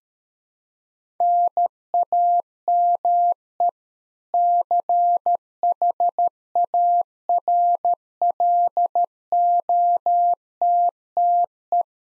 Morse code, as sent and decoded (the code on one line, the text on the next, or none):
-. .- -- . / -.-. .... .- .-. .-.. --- - - .
NAME CHARLOTTE